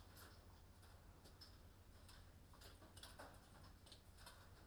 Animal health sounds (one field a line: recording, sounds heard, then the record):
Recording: poultry house recording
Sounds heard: no chicken sound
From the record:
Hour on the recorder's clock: 21